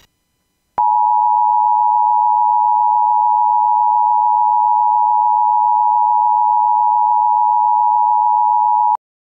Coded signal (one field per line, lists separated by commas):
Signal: Emergency Alert System (SAME) tones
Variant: 853 and 960 Hz attention tone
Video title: EAS Scenario #1: An Asteroid Impact